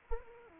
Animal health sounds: mosquito wingbeat signal from an infrared sensor; Anopheles arabiensis

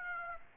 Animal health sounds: mosquito wingbeat signal from an infrared sensor; Aedes aegypti

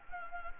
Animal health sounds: mosquito wingbeat signal from an infrared sensor; Anopheles gambiae

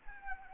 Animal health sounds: mosquito wingbeat signal from an infrared sensor; Anopheles arabiensis

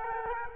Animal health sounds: mosquito wingbeat signal from an infrared sensor; Culex quinquefasciatus

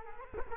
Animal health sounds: mosquito wingbeat signal from an infrared sensor; Culex quinquefasciatus

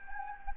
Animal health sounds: mosquito wingbeat signal from an infrared sensor; Anopheles gambiae

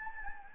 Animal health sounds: mosquito wingbeat signal from an infrared sensor; Anopheles gambiae

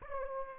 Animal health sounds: mosquito wingbeat signal from an infrared sensor; Aedes aegypti

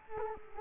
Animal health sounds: mosquito wingbeat signal from an infrared sensor; Culex quinquefasciatus

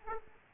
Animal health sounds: mosquito wingbeat signal from an infrared sensor; Aedes aegypti

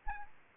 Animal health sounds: mosquito wingbeat signal from an infrared sensor; Aedes aegypti

